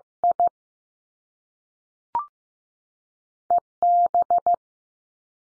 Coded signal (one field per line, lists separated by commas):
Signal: Morse code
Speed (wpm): 15 wpm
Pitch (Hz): 700 Hz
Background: none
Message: I E B